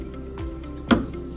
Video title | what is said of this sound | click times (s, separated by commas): How to get The perfect Weed FREE lawn in 10 minutes plus how to use Spectracide Weed Stop for Lawns | heard it snap and that's it | 0.9 s